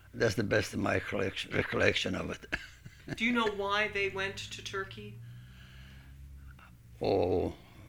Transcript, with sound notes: That's the best of my recollection of it. (he laughs)
Do you know why they went to Turkey?
Oh,